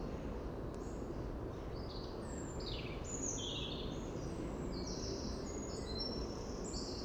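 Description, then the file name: Eurasian wren calls: scattered high, thin notes and short descending slurs, over a steady low rumble of background noise. "Troglodytes troglodytes"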